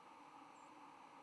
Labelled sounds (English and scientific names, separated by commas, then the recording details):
White-throated Sparrow (Zonotrichia albicollis) flight call
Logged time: 08:24 on 10 November 2014